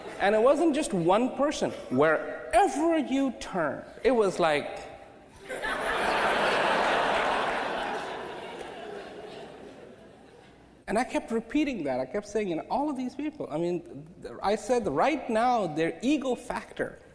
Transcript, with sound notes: And it wasn't just one person, wherever you turned it was like (Rawat makes face, laughter) and I kept repeating that I kept saying in all of these people, I mean, I say right now their eagle factor